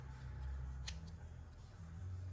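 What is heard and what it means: A spring-lock fuel line quick-connect coupling on the engine fuel rail of a 1996–1998 Mustang GT 4.6 2V is released with a disconnect tool and wiggled apart. A sharp little pop sounds at 0.9 s over a steady low rumble. The coupling pops free and the fuel line is separated.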